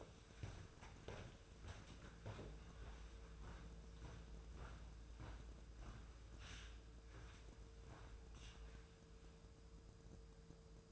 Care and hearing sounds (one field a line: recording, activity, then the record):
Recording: daily activity, microphone in the room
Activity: walk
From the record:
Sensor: 2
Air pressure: 1005.4 hPa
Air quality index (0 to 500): 102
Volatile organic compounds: 2 ppm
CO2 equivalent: 1234 ppm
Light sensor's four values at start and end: 7/15/7/7 and 8/20/8/8